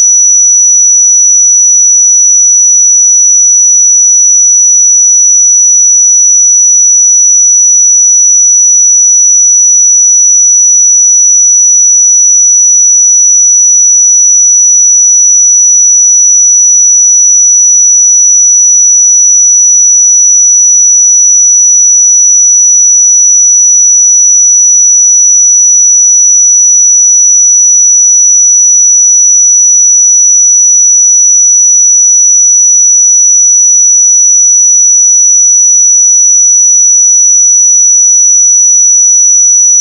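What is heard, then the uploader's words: A pure sine tone at 5899 Hz holds perfectly steady for the full forty seconds. The pitch is high and thin, with no wavering in level, no breaks and no other sounds around it. 5899 Hz 1 Hz Interval Sine Pure Tone Frequency 441000 Sample Mono.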